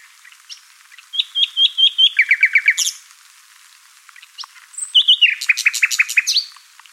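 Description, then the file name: Common nightingale song: a run of repeated whistled notes, then a lower rattling trill, then a second phrase of rapid sharp notes. "Luscinia megarhynchos"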